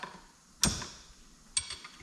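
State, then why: Seated. A steel C clip (retaining ring) is pushed into the groove inside a motorcycle fork tube during front-end assembly. A loud sharp metallic knock sounds at about 0.6 s, then the clip snaps into its groove with a bright click at 1.6 s. The clip is seated.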